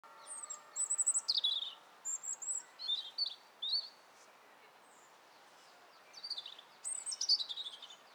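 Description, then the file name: European robin song: a run of high, thin, tinkling phrases, some sliding down, then a pause and a descending warbled phrase. "Erithacus rubecula"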